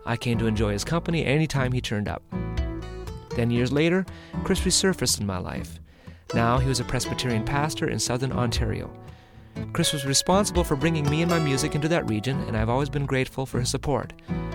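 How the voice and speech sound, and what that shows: Clear, fluent adult male narration at an even pace, with soft music underneath; typical speech.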